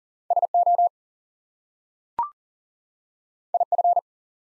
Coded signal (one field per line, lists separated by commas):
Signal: Morse code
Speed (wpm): 38 wpm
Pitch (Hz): 700 Hz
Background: none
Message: SO IF